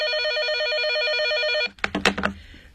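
A telephone rings with a steady, high electronic trill for about a second and a half, then stops abruptly and a brief burst of a voice follows.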